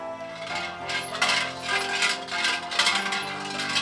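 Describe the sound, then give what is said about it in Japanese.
Coins clatter and jingle into a wooden offering box at a shrine, dropped as an offering after the bell is rung, several bright metallic clinks tumbling in quick, uneven succession over a steady background hum, with no voices. “鐘を鳴らしたらお賽銭や。”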